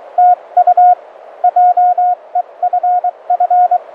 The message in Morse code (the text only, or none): TU JEFF